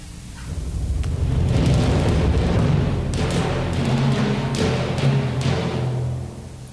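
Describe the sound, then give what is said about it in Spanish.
Timpani and bass drum mimic hunters' gunshots: a loud, rolling low rumble punctuated by several sharp, booming strikes at irregular intervals, sustained for several seconds without any voices. “Y los disparos de los cazadores los representarán los timbales y el bombo.”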